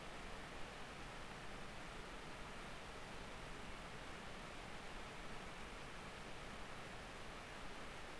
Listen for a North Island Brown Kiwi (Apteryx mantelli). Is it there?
no